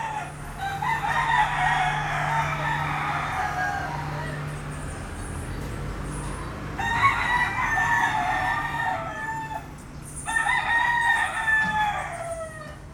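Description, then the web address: Chicken: rooster crowing, long harmonic crows from 0 to 4 seconds, again near 7 and 10 seconds, with a steady low hum in the first half. Roosters at dawn in Puerto Rico. "puerto rico coqs aube PRico"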